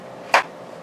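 A pistol is pushed into a fitted retention holster and, after an earlier try that did not click, seats with a single short, sharp click at 0.3 s over quiet background noise. The pistol is confirmed clicked in and retained.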